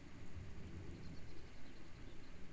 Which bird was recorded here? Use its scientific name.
Turdus merula